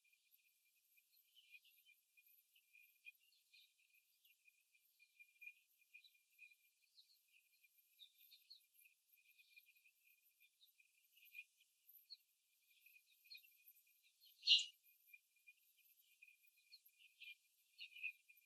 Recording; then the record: young laying hens in a cage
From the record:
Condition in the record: after the stressor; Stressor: simulated dog barking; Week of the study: 3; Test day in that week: 2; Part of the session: 1